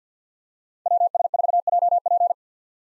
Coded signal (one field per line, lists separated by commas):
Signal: Morse code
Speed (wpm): 50 wpm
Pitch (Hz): 700 Hz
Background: none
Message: WS4JP